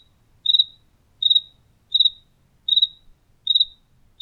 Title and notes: Grillo Tlaxcalteca. Grillo grabado por Hugo Diego Blanco en la cocina de su casa en Tlaxcala